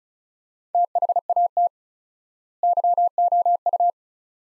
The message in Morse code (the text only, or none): THAT YOU